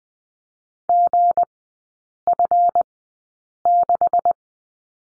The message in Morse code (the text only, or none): GF6